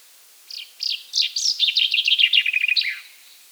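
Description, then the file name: Common chaffinch song: several separate high notes, then quickening repeated notes cascading down in pitch, finishing with a brief flourish. "Fringilla coelebs"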